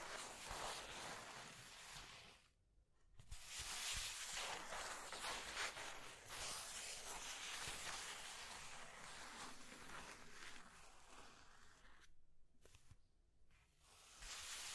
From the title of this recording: Scratching and Tracing Sounds